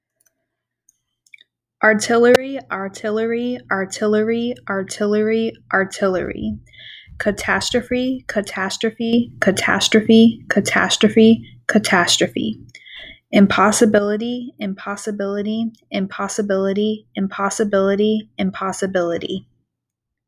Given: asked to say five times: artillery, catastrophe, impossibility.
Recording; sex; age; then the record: three words, each repeated; female; 30 to 39 years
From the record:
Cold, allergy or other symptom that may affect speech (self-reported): no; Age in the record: 30 years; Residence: Florida, United States